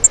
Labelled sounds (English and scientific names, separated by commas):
Grace's Warbler (Setophaga graciae) flight call